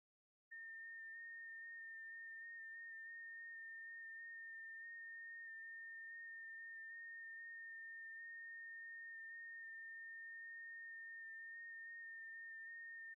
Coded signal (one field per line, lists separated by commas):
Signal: FT8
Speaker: Let's see if we can complete a QSO with him on 6 meters uh 50.313 right now.